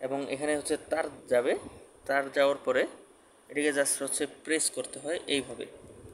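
A man talks while an empty RJ45 plastic plug sits in the die of a metal D-Link crimping tool and the handles are squeezed to push in the plug's metal contact pins. Mostly speech is heard, over a faint steady high-pitched tone. Nothing has seated or clicked yet.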